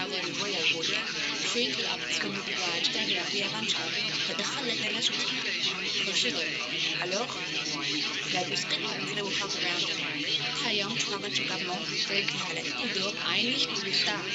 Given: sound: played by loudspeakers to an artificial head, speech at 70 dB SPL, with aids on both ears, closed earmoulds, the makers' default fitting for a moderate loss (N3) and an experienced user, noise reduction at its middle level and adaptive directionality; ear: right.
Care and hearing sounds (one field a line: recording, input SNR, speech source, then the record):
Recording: speech test signal (ISTS) in cocktail-party noise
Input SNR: -3 dB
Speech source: in front (0 degrees)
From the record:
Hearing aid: class 1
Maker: A